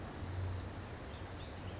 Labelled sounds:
California Towhee
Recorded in Sonoma County, California

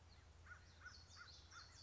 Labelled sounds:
American Crow
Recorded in Sonoma County, California

